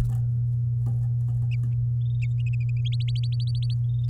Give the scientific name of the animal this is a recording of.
Serinus canaria